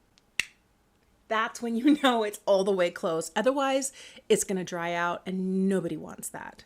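A screw-on cap is twisted onto a cream eyeshadow container until it clicks fully closed at 0.4 s, a single sharp click, so it won't dry out. Then someone talks.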